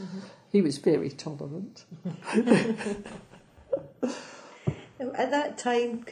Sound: laugh